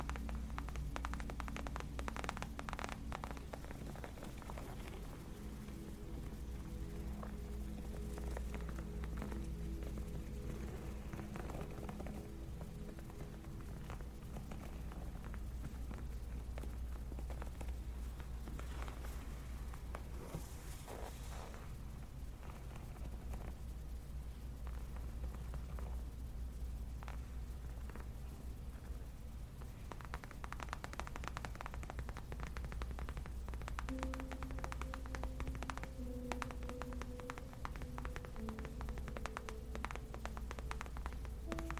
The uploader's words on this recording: Gentle Leather Tapping For Sleep & Relaxation.